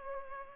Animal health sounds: mosquito wingbeat signal from an infrared sensor; Culex pipiens

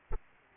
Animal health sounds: mosquito wingbeat signal from an infrared sensor; Aedes aegypti

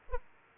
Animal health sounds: mosquito wingbeat signal from an infrared sensor; Aedes aegypti

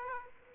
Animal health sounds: mosquito wingbeat signal from an infrared sensor; Aedes aegypti

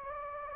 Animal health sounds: mosquito wingbeat signal from an infrared sensor; Anopheles gambiae

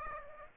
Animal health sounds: mosquito wingbeat signal from an infrared sensor; Aedes aegypti

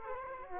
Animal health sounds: mosquito wingbeat signal from an infrared sensor; Culex quinquefasciatus

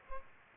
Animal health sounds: mosquito wingbeat signal from an infrared sensor; Aedes aegypti

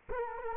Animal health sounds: mosquito wingbeat signal from an infrared sensor; Culex quinquefasciatus

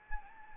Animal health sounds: mosquito wingbeat signal from an infrared sensor; Anopheles arabiensis

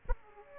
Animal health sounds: mosquito wingbeat signal from an infrared sensor; Aedes aegypti

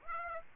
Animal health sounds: mosquito wingbeat signal from an infrared sensor; Aedes aegypti

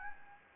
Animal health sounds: mosquito wingbeat signal from an infrared sensor; Anopheles gambiae

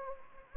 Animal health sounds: mosquito wingbeat signal from an infrared sensor; Anopheles gambiae

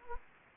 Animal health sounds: mosquito wingbeat signal from an infrared sensor; Anopheles gambiae

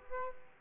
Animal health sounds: mosquito wingbeat signal from an infrared sensor; Aedes aegypti

